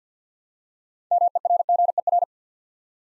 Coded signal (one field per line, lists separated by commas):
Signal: Morse code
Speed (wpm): 50 wpm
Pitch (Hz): 700 Hz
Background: none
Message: MERGER